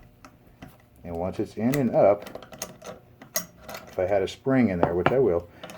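The metal rear sight leaf of a K98 rifle is handled at its sight base while someone talks, with sharp metallic clicks and taps scattered through the clip. The leaf has not yet been raised to lock into place against its spring, so nothing has seated or clicked home yet.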